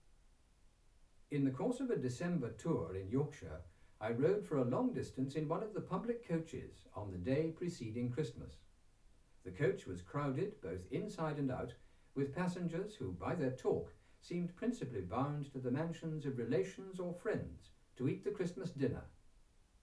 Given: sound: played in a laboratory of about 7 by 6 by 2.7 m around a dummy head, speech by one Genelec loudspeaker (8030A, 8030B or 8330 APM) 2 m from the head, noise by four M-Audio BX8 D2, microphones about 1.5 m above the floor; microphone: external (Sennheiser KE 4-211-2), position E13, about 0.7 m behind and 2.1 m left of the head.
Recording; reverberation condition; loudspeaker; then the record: male speech in English; low; 60 degrees to the right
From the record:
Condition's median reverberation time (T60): about 310 ms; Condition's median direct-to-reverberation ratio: about 3.5 dB